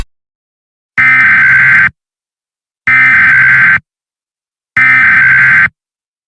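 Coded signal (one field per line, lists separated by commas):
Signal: Emergency Alert System (SAME) tones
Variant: header bursts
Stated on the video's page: Fictional EAS scenario, not a real alert.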